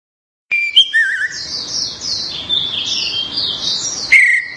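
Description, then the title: Orange-headed thrush pouring out a long, unbroken warbling song of mixed sweet and rasping high notes after a brief silence, ending on a clear whistle. "Anis Merah1"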